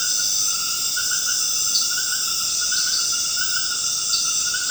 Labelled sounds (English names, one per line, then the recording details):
none
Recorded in dense forest near Puerto Asís, Putumayo, Colombia, on 19 March 2025 at 21:30
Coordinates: 0.481, -76.323
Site G088